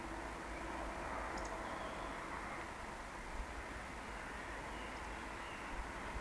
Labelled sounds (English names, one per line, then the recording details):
Eurasian Woodcock
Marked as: woodcock, woodcock
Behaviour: display flight
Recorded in Baden-Württemberg, Germany, on 17 June 2020 at 19:46 UTC
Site 14569, 102 m above sea level